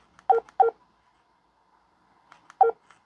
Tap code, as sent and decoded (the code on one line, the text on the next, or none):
none